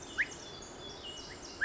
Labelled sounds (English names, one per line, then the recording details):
Pacific Wren
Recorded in Sonoma County, California